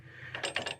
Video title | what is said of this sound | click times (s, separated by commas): TYM 2515 Backhoe Removal and 3PT Hitch Install | And when you get it locked, you just turn it back down. It locks into place. | 0.6 s